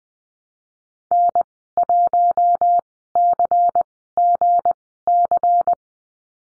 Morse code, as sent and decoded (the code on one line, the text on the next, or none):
-. .---- -.-. --. -.-.
N1CGC